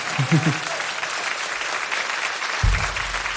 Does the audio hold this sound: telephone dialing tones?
no